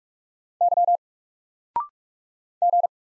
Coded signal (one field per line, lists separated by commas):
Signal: Morse code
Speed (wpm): 44 wpm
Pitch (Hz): 700 Hz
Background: none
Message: Y G